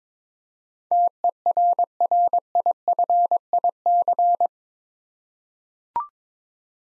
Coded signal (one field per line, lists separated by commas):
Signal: Morse code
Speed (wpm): 22 wpm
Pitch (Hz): 700 Hz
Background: none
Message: TERRIFIC